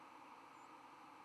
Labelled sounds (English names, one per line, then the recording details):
White-throated Sparrow flight call
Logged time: 03:58 on 11 November 2014